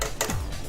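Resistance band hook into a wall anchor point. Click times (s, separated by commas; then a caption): 0.2 s. A resistance band hook is lowered to a lower wall anchor position and pushed in until it clicks. A short, sharp click is heard at 0.2 s over a low background, confirming the hook has seated in the anchor.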